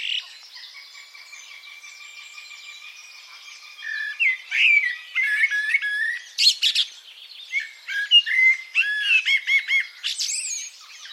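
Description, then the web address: Bird song: a long steady whistled tone at the start, then a busy run of sharp chirps, squeaks and downslurred notes. "cianscape birddata Deverinetal 2025 Bird Only"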